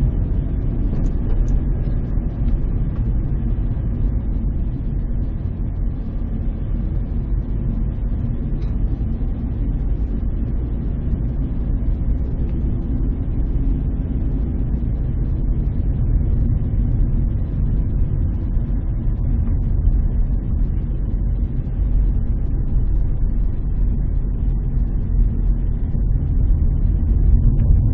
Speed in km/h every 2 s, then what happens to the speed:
28, 25, 22, 23, 24, 27, 29, 26, 23, 21, 22, 21, 20, 24.
0-5 slows to 22. 5-12 speeds up to 29. 12-23 slows to 20.